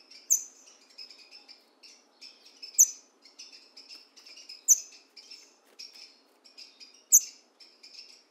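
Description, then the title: Green-winged saltator singing: four loud, clear falling notes every two to two and a half seconds, with steady rapid twittering phrases filling the gaps. In the woods, dueling in song with a free-living bird. "Trinca Ferro NICÃ O"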